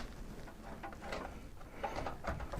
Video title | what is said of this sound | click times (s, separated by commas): How To Change A PC Graphics Card For Beginners Full Removal & Installation Guide | And just a gentle push, and you should find it clips into place. | 2.3 s